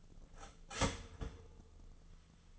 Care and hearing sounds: daily activity, microphone in the room; start toaster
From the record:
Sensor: 4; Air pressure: 1010.0 hPa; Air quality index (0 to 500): 182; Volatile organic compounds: 6 ppm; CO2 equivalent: 1837 ppm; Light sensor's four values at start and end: 23/70/27/27 and 23/69/27/27

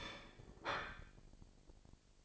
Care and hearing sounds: daily activity, microphone in the room; place plate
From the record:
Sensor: 5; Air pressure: 1007.5 hPa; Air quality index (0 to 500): 90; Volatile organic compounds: 1 ppm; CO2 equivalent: 709 ppm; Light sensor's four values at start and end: 30/70/28/28 and 30/70/28/28

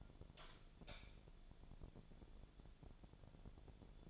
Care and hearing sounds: daily activity, microphone in the room; light on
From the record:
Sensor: 5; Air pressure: 1000.2 hPa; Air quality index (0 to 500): 100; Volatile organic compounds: 1 ppm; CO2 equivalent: 816 ppm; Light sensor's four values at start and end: 242/573/247/274 and 245/582/250/278

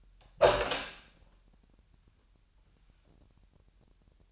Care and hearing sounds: daily activity, microphone in the room; open door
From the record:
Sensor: 2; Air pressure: 998.3 hPa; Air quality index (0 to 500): 141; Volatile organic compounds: 4 ppm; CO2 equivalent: 1598 ppm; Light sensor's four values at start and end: 12/34/14/13 and 12/34/14/13

